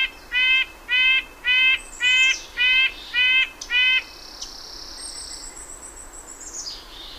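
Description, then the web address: Red-breasted nuthatch giving nasal, tinny notes, seven evenly spaced calls about every half second, then a thin, drawn-out high whistle in the background. "Know Your Bird Sounds Common Western Species. Red-breasted Nuthatch"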